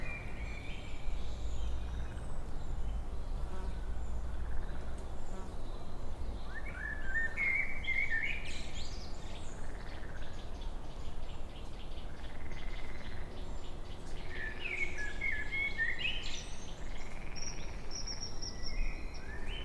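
Birds sing in a park, with clear bright phrases around eight seconds and again near fifteen, and scattered chirps between them. Softer, lower croaking calls, likely frogs, recur in the middle. A steady low rumble, like traffic, runs underneath throughout.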